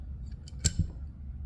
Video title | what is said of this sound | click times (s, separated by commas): RV Plumbing Fittings #rv #plumbing #rvlife #rvliving #vanlife #subcribe #onesourcerv #rvtips #tips | until it snaps | 0.7 s